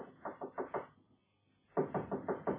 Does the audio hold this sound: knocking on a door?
yes